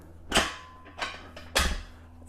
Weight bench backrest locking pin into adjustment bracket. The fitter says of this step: flat and then you you want to make sure it clicks so that you can make sure that it's locked and then you can go up